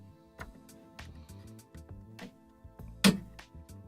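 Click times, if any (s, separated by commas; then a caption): 3.0 s. An internal Dante audio network expansion card is dropped into the internal slot of a Behringer WING digital mixer, with music playing in the background and a few soft taps and knocks. A sharp, loud click comes at 3.1 s, but the card is not fully inserted and sits only partly in the slot.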